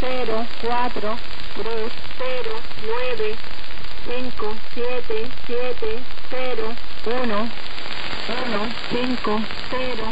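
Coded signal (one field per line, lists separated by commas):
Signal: numbers station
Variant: HM01, Spanish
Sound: a woman's voice reading short numbers at a steady pace over loud crackling static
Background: radio static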